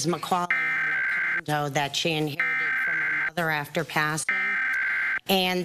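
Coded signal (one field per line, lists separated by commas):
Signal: Emergency Alert System (SAME) tones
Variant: header bursts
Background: speech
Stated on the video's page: National EAS test as aired on Miami and Orlando TV stations, plus a Wireless Emergency Alert received on a phone.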